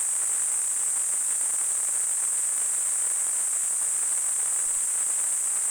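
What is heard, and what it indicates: Simulated tinnitus sound: a steady, continuous hissing noise concentrated in a high-pitched band around 8 kHz, with fainter broadband hiss beneath and no variation in loudness.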